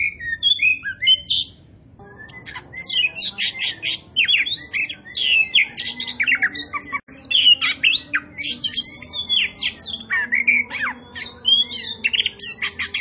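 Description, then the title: Oriental magpie-robin song, loud and busy, full of sharp chips, squeaky whistles and harsh notes packed closely together, with a brief lull near the start. Described as gacor, meaning singing vigorously and nonstop. "Kacer Poci Gacor"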